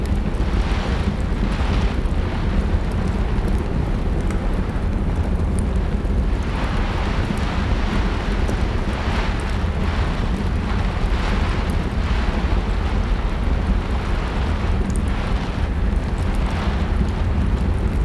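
A steady, dense rumble of rain and storm noise fills the whole clip, heavy in the low end with a constant hiss above. Brighter bursts of crackle and rushing swell every second or two, like fire pops and gusts, without any clear pause.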